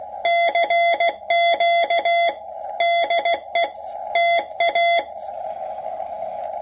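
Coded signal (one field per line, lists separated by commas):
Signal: Morse code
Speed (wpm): 16 wpm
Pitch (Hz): 680 Hz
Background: none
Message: CQ DE TA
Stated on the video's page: Huge S9+30 test signal generated by a nearby transceiver with PA disconnected, internal synth only, received on a QMX portable transceiver with new AGC reducing it to about S9.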